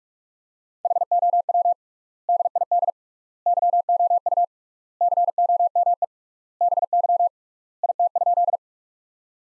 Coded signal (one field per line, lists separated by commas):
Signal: Morse code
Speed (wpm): 42 wpm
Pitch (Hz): 700 Hz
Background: none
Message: HOW DID YOU COME BY IT?